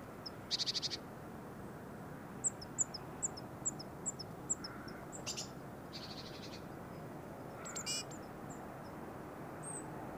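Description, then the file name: Eurasian blue tit calls: a run of thin, high, short notes with a few brief buzzy chattering bursts, over steady low background noise. "Cyanistes caeruleus"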